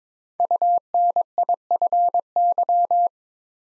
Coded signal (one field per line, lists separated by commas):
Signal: Morse code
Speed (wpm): 22 wpm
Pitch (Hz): 700 Hz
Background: none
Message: UNIFY